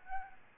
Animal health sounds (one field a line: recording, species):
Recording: mosquito wingbeat signal from an infrared sensor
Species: Aedes albopictus